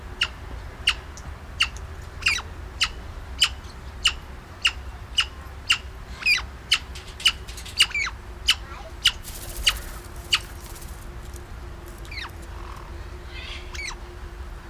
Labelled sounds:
Black-headed Parrot call
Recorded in captivity
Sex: pair
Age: adult
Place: Tiergarten Wilhelma/Stuttgart, Baden-Württemberg, DE
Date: 1998-10-02 17:36
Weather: bedeckt, ca. 14°C
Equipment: Sony MD-WM MZ-R3, Sennheiser MKH 416 T, Kopie Uher 4000 Report Monitor
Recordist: Tembrock, Günter

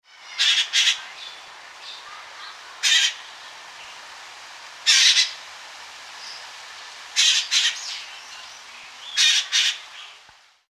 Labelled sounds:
San Blas Jay
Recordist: Tembrock, Günter
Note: Kurzlaute

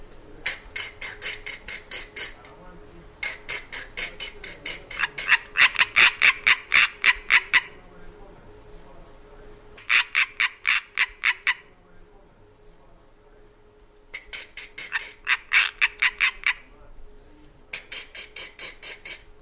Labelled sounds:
Common Tree Frog call
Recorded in the wild
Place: Kloster Kera, Insel Kreta, GR
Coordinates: 35.2242, 25.4619
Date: 1996-09-29 17:15
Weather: 18°C, rain
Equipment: Sony MD-WM MZ-R3, Sennheiser MKH 416 T, Kopie Uher 4000 Report Monitor
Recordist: Tembrock, Günter

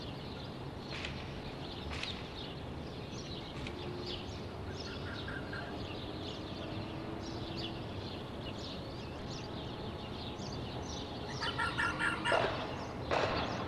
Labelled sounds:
Corsac Fox barking
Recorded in captivity
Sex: male
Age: adult
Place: Zoologisches Institut der HUB, Berlin, DE
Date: 1966-04-05 12:45
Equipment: Uher 4000 Report Monitor, Sennheiser MD 421, Transistorverstärker 2
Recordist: Tembrock, Günter

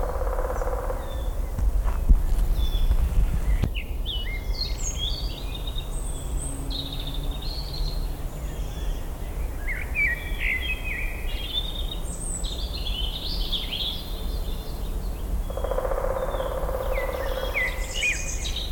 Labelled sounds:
Black Woodpecker drumming
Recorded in the wild
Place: Lanke, Brandenburg, DE
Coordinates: 52.76, 13.54
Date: 1995-04-30 19:49
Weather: heiter 14-15°C
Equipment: Marantz CP 430, Sennheiser ME 80, Kopie Uher 4000 Report Monitor
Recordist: Tembrock, Günter
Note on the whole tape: Trommeln

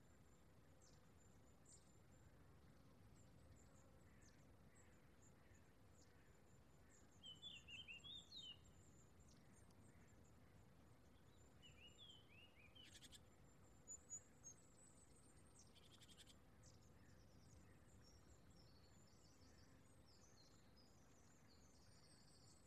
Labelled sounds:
Long-tailed Tit call
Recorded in the wild
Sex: group
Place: Tiuccia, Corsica, FR
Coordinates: 42.0714, 8.73222
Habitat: Macchia
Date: 2011-07-14
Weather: sunny, 20°C, weak wind
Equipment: Zoom H2, rear micophones
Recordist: Frommolt, Karl-Heinz

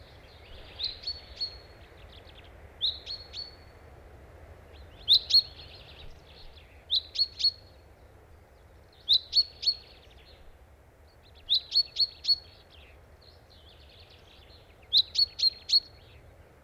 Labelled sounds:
Common Chaffinch call
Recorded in the wild
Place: Düsseldorf, Nordrhein Westfalen, DE
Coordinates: 51.33, 6.77
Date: 1995-04-08
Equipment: Sony WM-D6C
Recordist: Skiba, Reinald

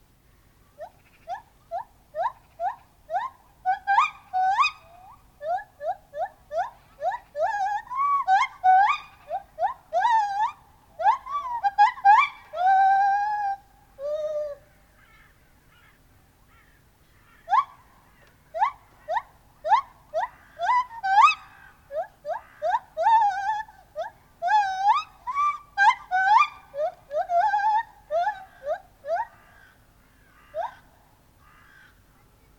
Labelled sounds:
Lar Gibbon
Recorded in captivity
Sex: male
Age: adult
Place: Tierpark Berlin, Berlin, DE
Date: 1983-10-01
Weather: sonnig, ca 3 °C, leichter Wind
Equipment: Nagra SN, Kopie Uher 4000 Report Monitor
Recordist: Tembrock, Günter

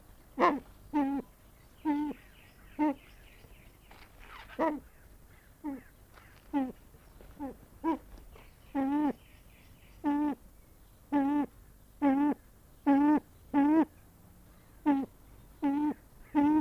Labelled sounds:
Brown Eared Pheasant call
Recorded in captivity
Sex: male
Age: adult
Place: Tierpark Berlin, Berlin, DE
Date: 1998-03-28 10:35
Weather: bedeckt, ca. 10°C
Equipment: Nagra SN, Kopie Uher 4000 Report Monitor
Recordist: Tembrock, Günter

